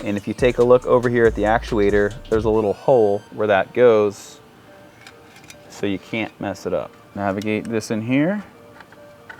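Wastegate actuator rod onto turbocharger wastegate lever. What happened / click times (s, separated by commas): The linkage is being handled and guided but has not snapped home / none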